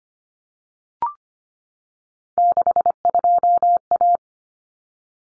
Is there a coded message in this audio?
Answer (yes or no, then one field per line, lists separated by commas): yes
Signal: Morse code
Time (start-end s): 2.4-4.2 s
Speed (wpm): 25 wpm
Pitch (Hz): 700 Hz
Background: none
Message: 62A